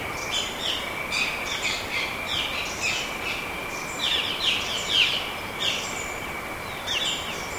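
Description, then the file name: Bird calls, short high chirps in small clusters against a steady thin high tone and constant background hiss. "SABIOD 50 bird 2015"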